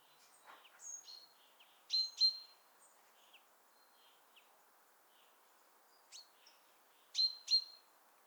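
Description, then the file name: Great tit paired chip calls heard twice, among fainter scattered chirps and a soft hiss. "Parus major"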